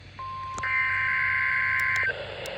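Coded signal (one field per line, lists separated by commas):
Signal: Emergency Alert System (SAME) tones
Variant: header bursts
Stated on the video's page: Late Required Weekly Test on NOAA weather radio station WWF75.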